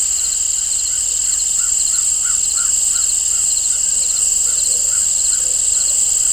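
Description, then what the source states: Crickets chirping in a constant high trilling chorus, accompanied by a bird's repeated soft whistled notes through most. Crickets and birds in an open field, nature ambience.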